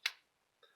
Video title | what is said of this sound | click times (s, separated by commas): 2006 Dodge Ram Recirculation Door Replacement Supplement | and it'll go in and then it snaps in place | 0.1 s